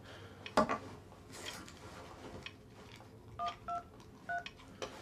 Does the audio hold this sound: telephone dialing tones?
yes